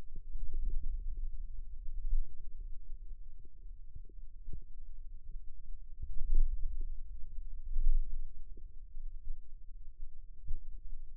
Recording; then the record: forearm muscle sounds (acoustic myography)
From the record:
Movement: radial deviation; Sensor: system 2, bracelet of six BSWA MPA416 microphones around the upper forearm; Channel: 5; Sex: male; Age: 22 years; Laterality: right